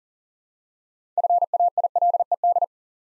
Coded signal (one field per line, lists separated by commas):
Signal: Morse code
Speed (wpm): 40 wpm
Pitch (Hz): 700 Hz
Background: none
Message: FAILED